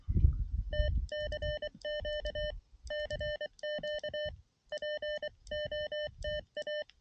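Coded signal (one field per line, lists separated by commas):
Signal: Morse code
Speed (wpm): 23 wpm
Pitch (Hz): 600 Hz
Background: none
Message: TCQ CQ POTA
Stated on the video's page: Mountain Topper MTR3B QRP radio in the field for a POTA activation, sent with a paddle into a mini no-tune end-fed half-wave antenna.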